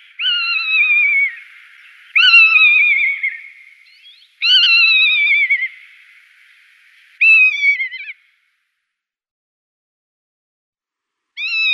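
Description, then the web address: Rough-legged buzzard calling in a run of plaintive, slightly quavering down-slurred mews, five calls spaced a few seconds apart. "Schulze Peter Rough-legged Buzzard"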